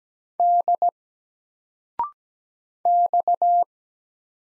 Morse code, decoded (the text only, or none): D X